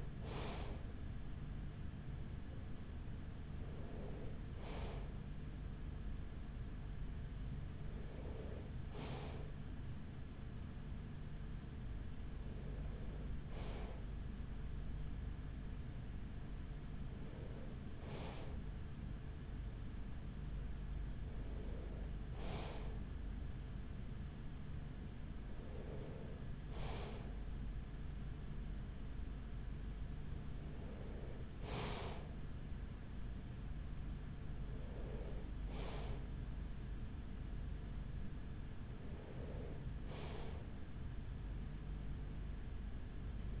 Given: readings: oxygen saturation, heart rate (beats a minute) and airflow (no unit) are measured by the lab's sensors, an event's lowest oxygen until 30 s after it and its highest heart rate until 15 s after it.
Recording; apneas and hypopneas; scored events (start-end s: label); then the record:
breathing in sleep by a smartphone at the bedside; none
none scored
From the record:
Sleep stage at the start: N3 (deep sleep); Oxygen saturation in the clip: 94 to 95%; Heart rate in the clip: 41 to 45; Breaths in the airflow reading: 10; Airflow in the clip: -7.1 to 5.8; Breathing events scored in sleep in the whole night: 207 in 7.6 hours asleep